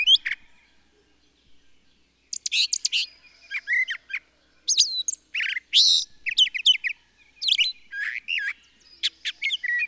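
Bird song, a short chirp then a pause, followed by a dense, almost continuous run of high whistles, trills and chirps.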